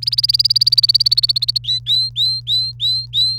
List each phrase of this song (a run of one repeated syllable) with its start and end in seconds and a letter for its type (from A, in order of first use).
0.02-1.58 A, 1.64-3.38 B